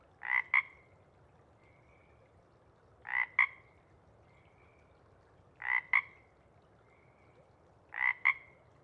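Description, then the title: Pacific chorus frog calling a two-note ribbit roughly every two and a half seconds, four calls in all, with softer frog notes between them against a quiet background. Sparse chorus before dawn at first light; most frogs have returned to burrows while a few keep calling to attract a mate. "Chorus Frogs, Sparse, pre-Dawn"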